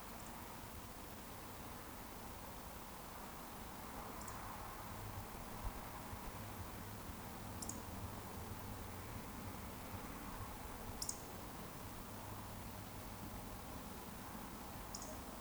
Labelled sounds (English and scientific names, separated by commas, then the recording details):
Eurasian Woodcock (Scolopax rusticola) whistle
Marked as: whistle, whistle, whistle, whistle, whistle
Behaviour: display flight
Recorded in Baden-Württemberg, Germany, on 13 June 2020 at 20:35 UTC
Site 14569, 102 m above sea level